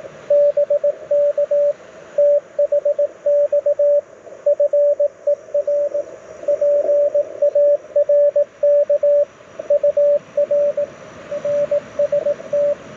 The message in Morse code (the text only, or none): BK THX FER PARK UR NST